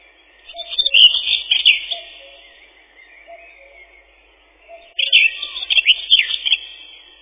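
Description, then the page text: Common whitethroat delivering two short, scratchy, chattering warbles several seconds apart. Faint lower tonal notes come in between. Song described as a chattering 'tirli-vi-tir-li-chet-chit-chitirli'. "Серая славка, или славка-говорунчик — Sylvia communis"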